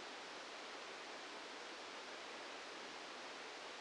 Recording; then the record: brain microelectrode recording played as sound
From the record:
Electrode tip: inside the subthalamic nucleus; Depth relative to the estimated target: 1 mm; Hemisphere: right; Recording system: NeuroSet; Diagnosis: Parkinson's disease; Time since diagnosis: 8 years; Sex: male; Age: 65 years